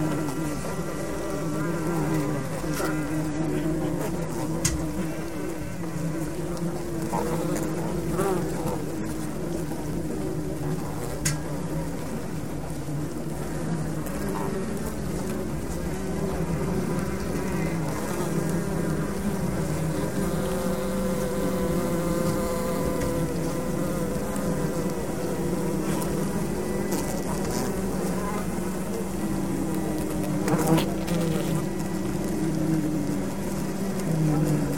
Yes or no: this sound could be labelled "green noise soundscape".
no